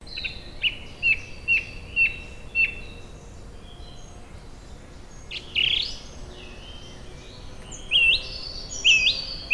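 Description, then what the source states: Song Thrush song: a clear whistled note repeated five times in quick succession, then louder varied phrases, with a short figure repeated near the end, over faint background hiss. Called the nightingale of the north and often confused with the thrush nightingale; both loud-voiced and singing in summer-night darkness.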